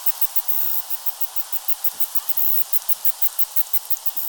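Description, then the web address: Cicada song as a rapid train of crisp ticking pulses against a bright hiss. "cicadidae tibialis"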